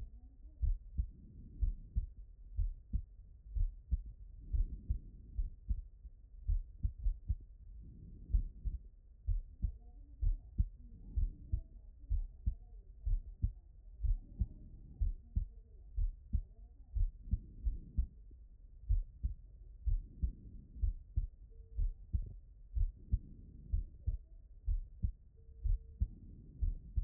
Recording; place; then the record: heart sounds by stethoscope; pulmonary valve (PV)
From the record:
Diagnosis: non-HFrEF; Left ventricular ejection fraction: 69%